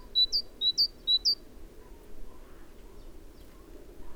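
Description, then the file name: Great tit giving three quick two-note phrases, a low note then a higher one, followed by quiet with faint background sounds. "Parus major"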